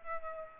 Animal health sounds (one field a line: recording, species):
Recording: mosquito wingbeat signal from an infrared sensor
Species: Aedes aegypti